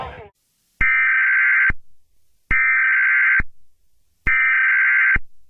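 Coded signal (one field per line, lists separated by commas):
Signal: Emergency Alert System (SAME) tones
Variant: header bursts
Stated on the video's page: Recreated EAS scenario conveying real curfew information, livestreamed on Periscope.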